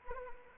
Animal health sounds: mosquito wingbeat signal from an infrared sensor; Anopheles arabiensis

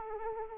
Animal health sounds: mosquito wingbeat signal from an infrared sensor; Anopheles arabiensis

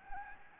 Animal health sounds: mosquito wingbeat signal from an infrared sensor; Anopheles gambiae

